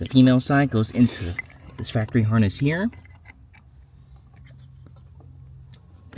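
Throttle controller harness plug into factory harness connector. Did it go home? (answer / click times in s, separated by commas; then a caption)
yes / 6.1 s. Someone talks for the first three seconds, then the female plug of a ShiftPower plug-and-play throttle response controller harness for a Porsche is pushed into the car's factory wiring harness connector. A few faint ticks and rubs follow before the connector clicks in and seats at 6.1 s.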